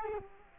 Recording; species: mosquito wingbeat signal from an infrared sensor; Culex quinquefasciatus